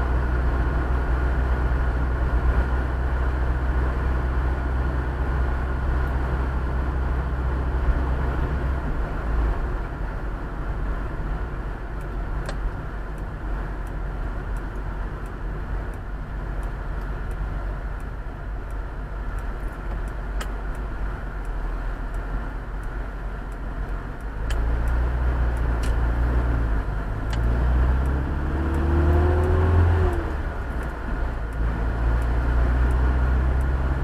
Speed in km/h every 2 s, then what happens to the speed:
49, 50, 51, 50, 50, 49, 43, 36, 30, 22, 15, 10, 10, 11, 16, 20, 25.
0-10 steady at about 50. 10-22 slows to 10. 26-34 speeds up to 25.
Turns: 19-26.